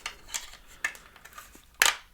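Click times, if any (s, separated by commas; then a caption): 1.8 s. The plastic side arm of an APEXINNO A3 Ultra-Light replacement head strap is lined up at the back of a Meta Quest 3/3S VR headset body and pushed toward the front. Soft plastic ticks and taps lead up to a loud, sharp snap at 1.8 s as the arm seats firmly in place.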